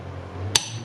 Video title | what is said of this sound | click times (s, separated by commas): 10th Gen Civic Si - Transmission Rebuild - Episode 3 Assemble Shafts | there and now this gear is locked to this shaft | 0.6 s